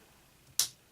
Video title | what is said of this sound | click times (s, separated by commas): EZ CrankBait Tuner | hear the click you're only gonna put so much pressure and move this eyelet only so far | 0.6 s